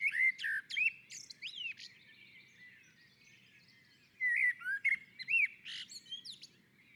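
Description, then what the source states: Common blackbird with two song phrases of low fluty whistles and sharp high squeaky notes, separated by a pause of about two seconds. On a roof.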